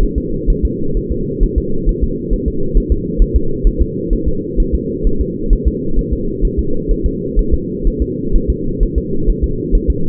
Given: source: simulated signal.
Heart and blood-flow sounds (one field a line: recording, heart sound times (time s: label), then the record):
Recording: fetal heart sounds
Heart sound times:
0.03 s: S1
0.18 s: S2
0.50 s: S1
0.65 s: S2
0.97 s: S1
1.12 s: S2
1.43 s: S1
1.58 s: S2
1.89 s: S1
2.04 s: S2
2.33 s: S1
2.48 s: S2
2.77 s: S1
2.92 s: S2
3.22 s: S1
3.36 s: S2
3.67 s: S1
3.82 s: S2
4.13 s: S1
4.28 s: S2
4.60 s: S1
4.75 s: S2
5.07 s: S1
5.21 s: S2
5.53 s: S1
5.67 s: S2
5.99 s: S1
6.13 s: S2
6.45 s: S1
6.59 s: S2
6.91 s: S1
7.06 s: S2
7.39 s: S1
7.54 s: S2
7.87 s: S1
8.02 s: S2
8.36 s: S1
8.50 s: S2
8.83 s: S1
8.98 s: S2
9.30 s: S1
9.44 s: S2
9.75 s: S1
9.90 s: S2
From the record:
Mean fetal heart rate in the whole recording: 130 bpm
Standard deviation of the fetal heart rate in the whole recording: 4 bpm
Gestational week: 38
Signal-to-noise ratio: -8.1 dB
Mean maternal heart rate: 72 bpm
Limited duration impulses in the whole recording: absent